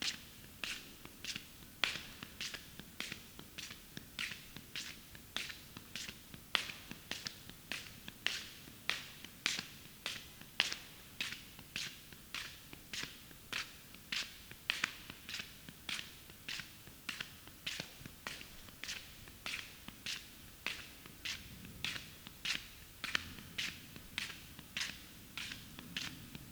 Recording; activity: daily activity, guitar pickup as the sensor; walk